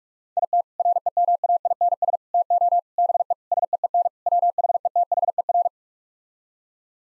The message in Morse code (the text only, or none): IT REMAINS TO BE SEEN WHETHER